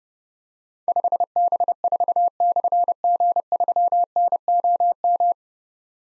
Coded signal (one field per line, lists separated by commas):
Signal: Morse code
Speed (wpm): 28 wpm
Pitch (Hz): 700 Hz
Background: none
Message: 5B4/G3NOM